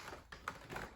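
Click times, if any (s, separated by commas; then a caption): none. A plastic handle is handled and pushed toward the top of the wand of a Shark Vertex DuoClean PowerFins upright vacuum, giving soft rustling handling noise with two short sharp taps at about 0.3 and 0.5 seconds. The clip ends before the handle goes home, so nothing has seated or clicked yet.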